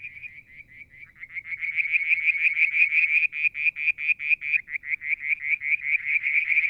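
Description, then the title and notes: Frog giving rapid, high-pitched pulsed notes that build from soft to loud and continue as a steady rattling trill. Mount Wilson, New South Wales, Australia; July 2022; evening, near a water tank. "Frog song, Mount Wilson, New South Wales, Australia in July 2022 – by Alexander Moffatt. Limnodynastes Peronii, Litoria Verreauxii and a mystery frog one evening near the water tank"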